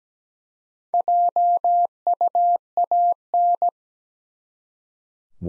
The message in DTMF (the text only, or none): none